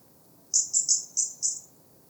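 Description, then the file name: European robin with one fast run of five sharp, high-pitched tick notes lasting just over a second. "Erithacus rubecula"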